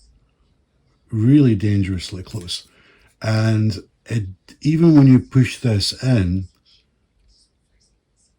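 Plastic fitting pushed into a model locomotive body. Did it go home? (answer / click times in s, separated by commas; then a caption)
no / none. Someone talks while pushing a drooping plastic fitting into the body of a Heljan Class 17 model locomotive by hand; the fitting hangs dangerously close to the track and still has about 5 mm of play. Nothing has clicked or seated yet, and the part needs re-engineering.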